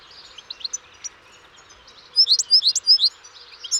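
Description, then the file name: European goldfinch calls, soft scattered notes followed by a short series of clear rising chirps in quick succession. "Carduelis carduelis"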